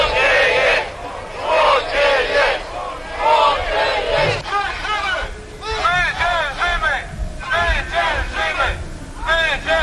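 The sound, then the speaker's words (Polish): A large street demonstration crowd shouts demands in loud, rhythmic bursts of chanting, many voices rising and falling together in repeated cries over a steady roar of massed voices. “Także możemy też oprócz oglądania posłuchać i wczuć się w nastrój takiego tłumu, co oni krzyczą, co oni, czego oni żądają.”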